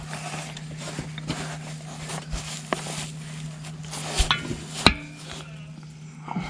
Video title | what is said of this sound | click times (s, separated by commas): 5.9L Cummins Top End Upgrades | once you hear that click you know it's seated | 4.9 s